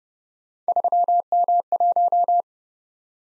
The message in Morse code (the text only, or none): 3M1